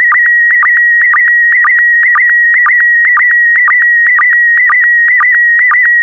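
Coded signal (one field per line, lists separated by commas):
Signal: SSTV (slow-scan television)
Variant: PD120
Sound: steady warbling whistle near 2 kHz with regular short low blips about twice a second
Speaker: complete. You can now check your decoded image against the picture that is shown on the video.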